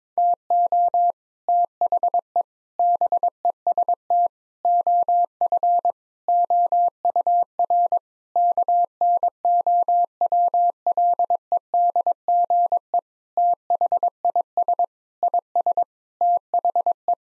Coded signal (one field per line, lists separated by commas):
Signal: Morse code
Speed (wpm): 21 wpm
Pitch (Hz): 700 Hz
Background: none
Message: TO THE BEST OF OUR KNOWLEDGE THIS IS THE